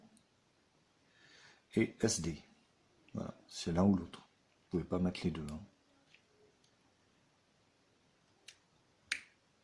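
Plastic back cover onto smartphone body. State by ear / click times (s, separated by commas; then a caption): seated / 8.5 s, 9.1 s. A plastic back cover is pressed onto a smartphone body after the SIM cards go in, and its clips snap home with sharp clicks at 8.5 s and 9.1 s. Someone talks earlier in the clip. The cover is seated and engages rather well.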